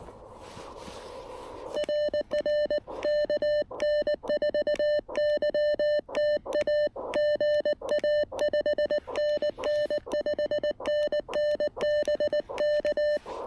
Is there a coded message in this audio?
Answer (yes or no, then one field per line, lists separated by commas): yes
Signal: Morse code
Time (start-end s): 1.8-13.2 s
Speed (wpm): 19 wpm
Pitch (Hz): 1800 Hz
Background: none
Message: RR KN4YTA GA 5NN 5NN BK